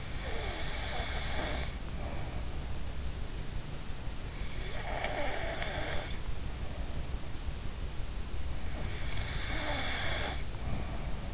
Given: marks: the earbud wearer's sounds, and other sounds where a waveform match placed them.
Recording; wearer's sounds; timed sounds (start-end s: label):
sounds in sleep by an in-ear microphone; snoring breath
0.00-2.65 s: snoring breath
4.46-7.29 s: snoring breath
8.75-11.34 s: snoring breath